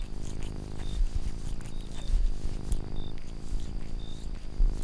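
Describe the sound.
Domestic cat purr, a continuous deep vibrating drone that swells and eases with breathing, with a few soft clicks on top.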